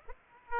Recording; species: mosquito wingbeat signal from an infrared sensor; Aedes aegypti